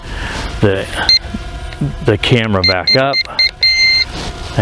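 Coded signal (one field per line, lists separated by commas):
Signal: none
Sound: drone controller beeps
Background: speech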